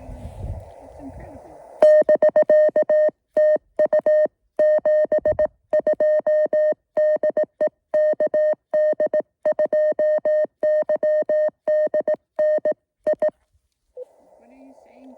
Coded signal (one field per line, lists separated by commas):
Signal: Morse code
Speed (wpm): 18 wpm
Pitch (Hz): 610 Hz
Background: speech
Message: <BK> TU 72 DE KD2YDN I